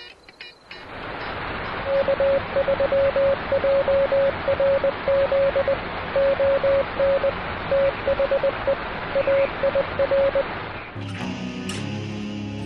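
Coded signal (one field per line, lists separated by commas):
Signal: Morse code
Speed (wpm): 20 wpm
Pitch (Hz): 560 Hz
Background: music, radio noise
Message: K3JRZ ON THE AIR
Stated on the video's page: Morse during a POTA activation at a state park by the bay, using a Yaesu FTDX10 radio.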